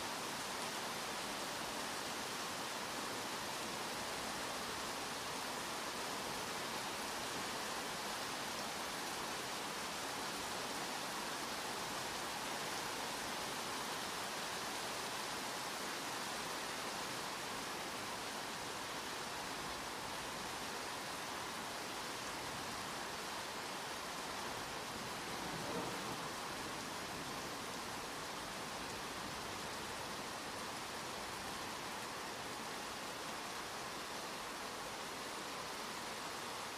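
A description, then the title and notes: Rain falls steadily on leaves, a dense, even hiss that holds at the same level throughout. The patter is fine, brighter in tone than deep, with a faint soft swell near the twenty-five second mark and no other sounds. The gentle sounds of rain intermingle with the rustling of nearby trees. Rhythmic sound of raindrops on leaves. Soothing Rain Sounds.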